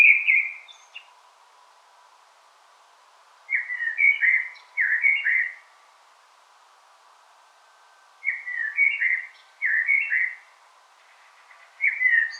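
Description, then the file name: Common blackbird song: repeated short, slurred, warbling phrases in clusters separated by silent gaps of a few seconds. "Turdus merula"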